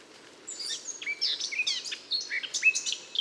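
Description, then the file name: Eurasian blackcap song: a brief rapid warble of scratchy and whistled notes over a steady background hiss. "Sylvia atricapilla"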